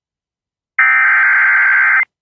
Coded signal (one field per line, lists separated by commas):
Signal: Emergency Alert System (SAME) tones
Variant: header bursts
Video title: VA SVR EAS #700!